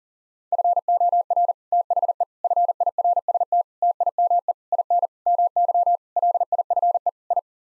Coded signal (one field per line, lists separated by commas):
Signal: Morse code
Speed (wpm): 40 wpm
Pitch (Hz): 700 Hz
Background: none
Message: FOR THE FIRST TIME IN MY LIFE I